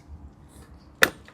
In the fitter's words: there we go, lock into place for travel.